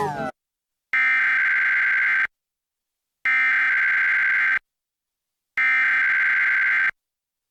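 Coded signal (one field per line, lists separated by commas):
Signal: Emergency Alert System (SAME) tones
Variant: header bursts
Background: speech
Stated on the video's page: Required monthly test relayed by a Portland TV station, recorded from an online live stream.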